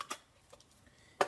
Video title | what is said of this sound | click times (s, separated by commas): VR Basic Headset Review | locks into place so | 1.2 s